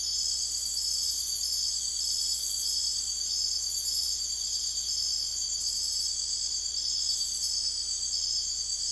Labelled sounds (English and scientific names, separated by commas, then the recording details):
none
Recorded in secondary vegetation near Puerto Asís, Putumayo, Colombia, on 21 December 2024 at 02:30
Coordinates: 0.488, -76.319
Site GP04